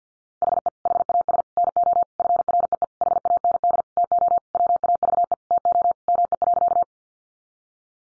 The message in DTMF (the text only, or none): none